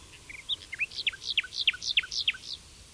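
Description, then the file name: Common nightingale singing a phrase of loud, downslurred whistled notes repeated several times in quick, even rhythm over faint background hiss. "Luscinia megarhynchos"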